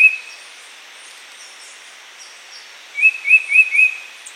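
Yellow-browed shrike-vireo giving a run of four short, clear whistled notes at a steady pace, after one isolated note and a quiet pause with faint background hiss.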